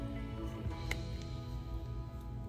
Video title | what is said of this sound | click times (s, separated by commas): Goldenritt Sketch Writer Fountain Pen and Setting Up A New Journal!!! | insert it into the grip section and you kind of hear a a snap | 0.9 s